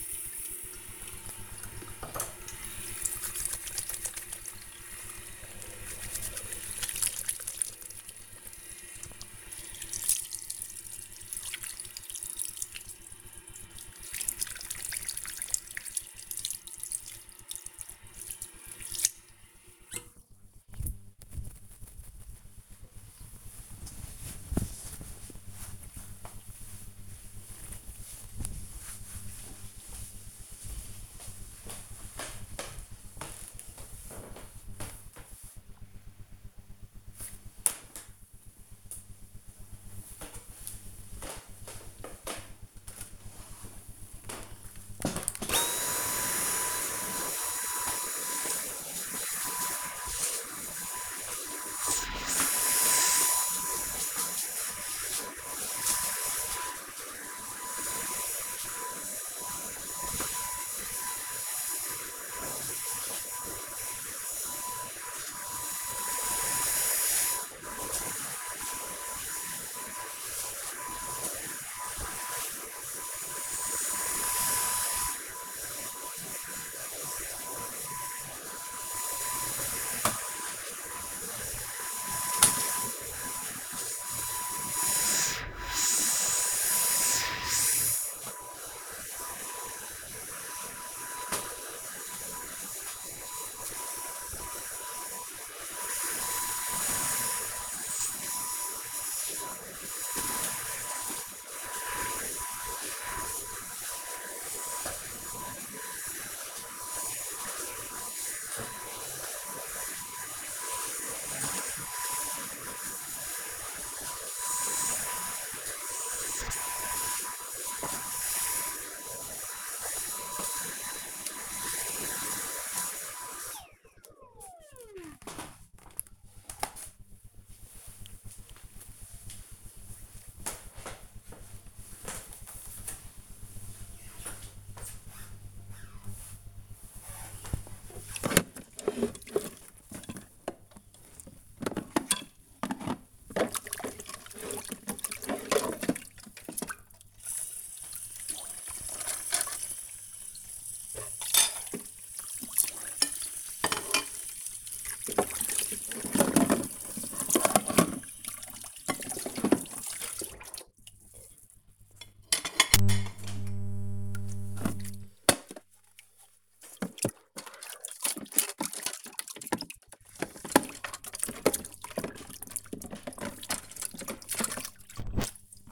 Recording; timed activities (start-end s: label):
household activities, microphone on the right wrist
0.00-21.98 s: washing hands
44.13-123.59 s: vacuum cleaning
136.67-175.72 s: washing dishes